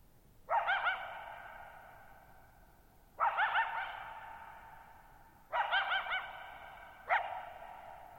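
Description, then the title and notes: Coyote gives four bark-howls, each a harsh harmonic bark breaking into a short wavering howl, every two to three seconds, with a long echoing decay. Lone coyote at night, July 14, 2019, Thirtymile Meadows, Okanogan National Forest, Okanogan High Country, 6400 ft (1950 m); tall sharp mountains on a high, mostly dry plateau; shallow bowl-shaped meadow. "Lone Coyote at Thirtymile Meadows. I spent the night of July 14, 2019, camped near Thirtymile Meadows in the Okanogan National Forest at 6400 ft (1950 m)"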